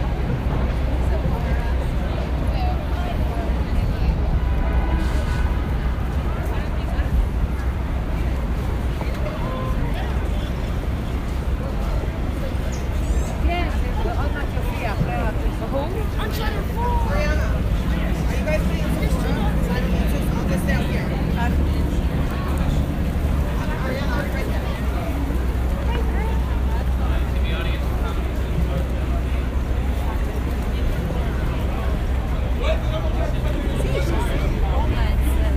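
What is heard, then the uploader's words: New York City ambience with a steady, heavy low rumble running the whole time, like a train or engine. Over it comes a dense, continuous wash of voices and chatter, with scattered clinks and knocks. Level stays constant from start to finish. Walking On 42nd St.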